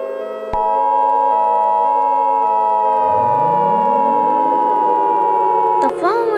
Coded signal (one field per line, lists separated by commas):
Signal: Emergency Alert System (SAME) tones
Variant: 853 and 960 Hz attention tone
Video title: (CRINGE DON'T WATCH) (EAS Scenario #5) Global Insanity